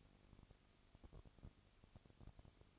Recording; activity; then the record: daily activity, microphone in the room; no activity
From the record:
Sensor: 4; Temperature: 22.3 degrees Celsius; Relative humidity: 32.7%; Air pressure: 1001.9 hPa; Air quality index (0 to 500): 186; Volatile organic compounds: 4 ppm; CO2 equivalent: 1639 ppm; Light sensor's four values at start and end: 2/3/1/1 and 2/3/1/1